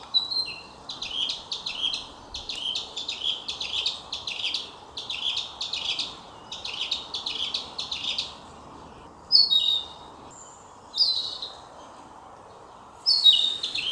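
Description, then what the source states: Narcissus flycatcher song: quick runs of chirpy, warbled notes repeated for about nine seconds, then separate clear whistled phrases every couple of seconds, over steady low background hiss. Recorded on 22 May 2022.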